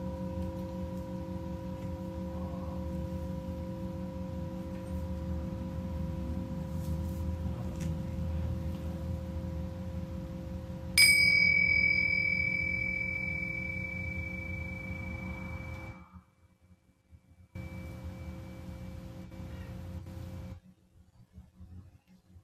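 A Tibetan singing bowl rings over a low, steady hum with a sustained mid tone. Just before eleven seconds a bright metallic strike rings out and slowly fades. The sound cuts out around sixteen seconds, returns briefly, then drops away again near twenty.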